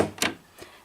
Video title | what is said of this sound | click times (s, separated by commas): Review of Honeywell Air Purifier True HEPA Allergen Remover HPA100WE | replacing the front just make sure the lugs align at the bottom and then it will click into place again and | 0.2 s